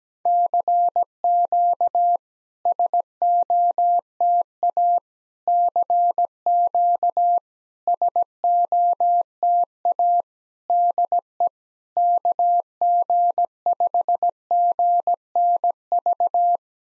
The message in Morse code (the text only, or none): CQ SOTA CQ SOTA DE KG5GNV